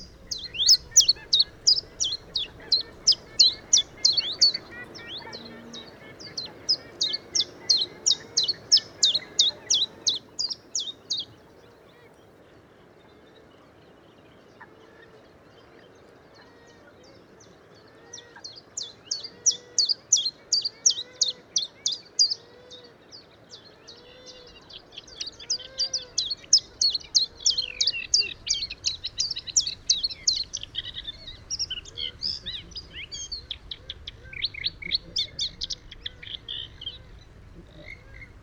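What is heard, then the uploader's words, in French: Bird song at the Etangs de Scamandre: fast, buzzy trills of rapid high chirps come in bursts, from the start to about 11 seconds, again around 18–23 seconds, then densely from 25 seconds on. Softer repeated calls and a low murmur continue underneath. Etangs de Scamandre - Nagra seven - Telinga P7 - B&K omni. Cette semaine, le vaste étang de Scamandre en Camargue gardoise où j'ai passé la nuit du 20 au 21 février.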